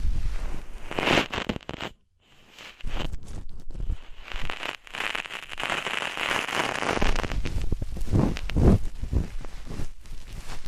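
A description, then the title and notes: Dense ASMR ear-cleaning sounds: rough scratching and rubbing with crackly, zipper-like rasps running almost the whole time. The noise drops out briefly near the two-second mark, then resumes with uneven bursts, and deeper thumping pushes appear around eight to nine seconds. ASMR DEEP Ear Penetrating Cleaning (No Talking).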